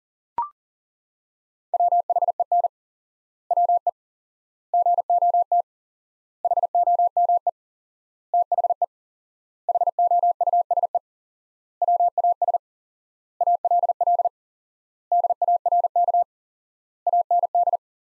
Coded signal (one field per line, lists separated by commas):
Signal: Morse code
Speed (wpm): 40 wpm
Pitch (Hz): 700 Hz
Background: none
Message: WHEN WE GOT HOME THE HOUSE WAS ALL DARK AND